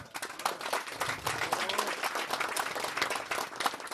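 An audience applauds steadily, many hands clapping in a dense, continuous patter at moderate loudness, with faint voices mixed into the crowd noise.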